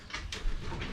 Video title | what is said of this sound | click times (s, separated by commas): Grand Design Momentum 21G Rear Deck | you'll want to do the same thing on this side as well too take it you'll hear it lock in place and then | 0.3 s